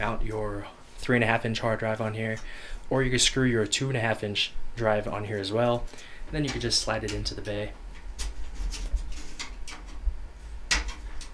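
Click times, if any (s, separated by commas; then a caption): 11.2 s. Someone talks while a toolless hard drive tray, which holds a 3.5-inch drive or a screwed-on 2.5-inch drive, is slid back into the plastic and metal drive bay of a Thermaltake Armor A60 PC case. The tray snaps into place with a short click at 11.2 s and is seated.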